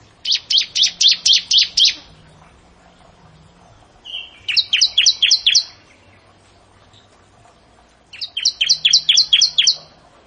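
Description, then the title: Bar-winged prinia song: three bursts of repeated sharp descending notes, about seven per burst, one burst introduced by a brief whistled tone, separated by silent gaps of a few seconds. "Ciblek Sawah"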